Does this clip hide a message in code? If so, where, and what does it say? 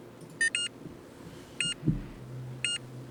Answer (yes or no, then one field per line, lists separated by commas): no